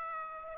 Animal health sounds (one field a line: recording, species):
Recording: mosquito wingbeat signal from an infrared sensor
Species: Aedes aegypti